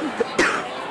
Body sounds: coughing mixed with background sound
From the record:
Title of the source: 31 night wet cough

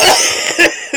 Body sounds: coughing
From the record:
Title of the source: Dry Afternoon Cough

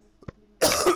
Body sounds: coughing mixed with background sound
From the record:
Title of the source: Coughing 79

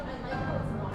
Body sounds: background sound without coughing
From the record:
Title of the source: 60 minutes of coffee shop sounds for study and concentration

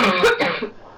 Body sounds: coughing mixed with background sound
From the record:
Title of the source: Barking cough - # 10

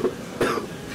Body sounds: coughing mixed with background sound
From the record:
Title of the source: Coughing 77

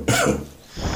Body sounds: coughing mixed with background sound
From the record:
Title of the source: Spring Cold Coughing.

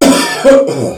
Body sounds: coughing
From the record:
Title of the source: Residual Phlegmy Morning Coughing and Gagging

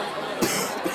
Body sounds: coughing mixed with background sound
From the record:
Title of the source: 30 Chesty and wet cough

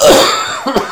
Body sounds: coughing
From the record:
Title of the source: Spring Allergy Coughing

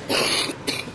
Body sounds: coughing mixed with background sound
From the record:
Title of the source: 61 morning phlegmy cough...again

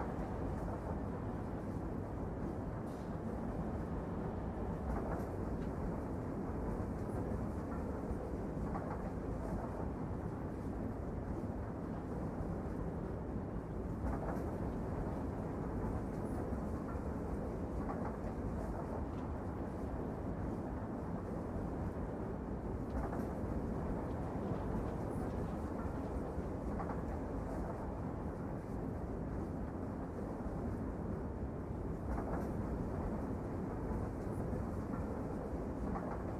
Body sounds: background sound without coughing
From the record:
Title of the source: Train Ride Ambience ambient white noise for sleeping, focus, studying, reading

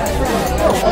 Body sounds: background sound without coughing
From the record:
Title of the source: Nightlife Party Simulating Party Club Noise 1 Hour

